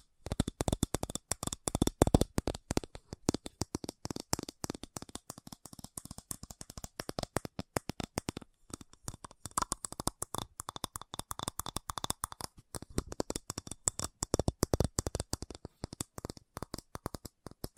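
Fast tapping runs without a break for the whole stretch, a dense patter of sharp clicks packed tightly together. The taps are crisp and bright with a soft low thump underneath, loudest in the first few seconds and again near the end.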